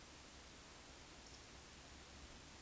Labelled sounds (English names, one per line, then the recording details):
Eurasian Woodcock whistle
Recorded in Baden-Württemberg, Germany, on 16 June 2021 at 20:06 UTC
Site 20675, 466 m above sea level